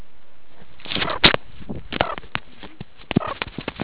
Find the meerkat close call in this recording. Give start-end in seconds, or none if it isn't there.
1.04-1.21, 2.03-2.16, 3.19-3.36